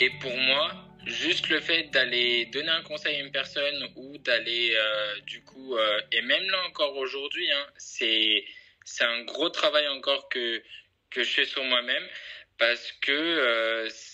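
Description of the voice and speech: A 24-year-old man who stutters speaks French in connected speech, with word and phrase repetitions, filled pauses ("euh"), prolonged sounds and silent blocks breaking the flow. He has been treated by a speech therapist.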